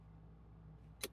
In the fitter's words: pull it, and you hear it locked in place.